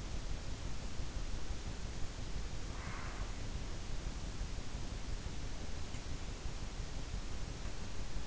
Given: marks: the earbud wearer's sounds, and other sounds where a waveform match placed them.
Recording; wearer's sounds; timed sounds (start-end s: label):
sounds in sleep by an in-ear microphone; breath
2.73-3.38 s: breath